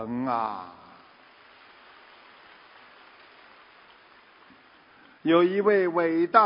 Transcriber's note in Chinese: 掌声